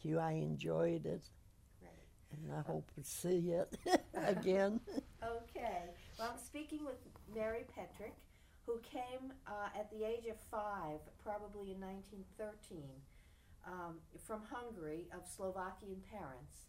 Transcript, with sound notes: I enjoyed it. And I hope to see ya (she laughs)
Okay. Well, I'm speaking with Mary Petrick who came at the age of five, probably in 1913, from Hungary, of Slovakian parents.